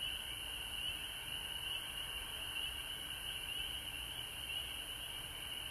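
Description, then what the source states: Many frogs trilling together in a steady, high-pitched chorus that holds constant for the whole stretch, with a faint low rumble. Frogs recorded at home in Georgia on March 19, 2020.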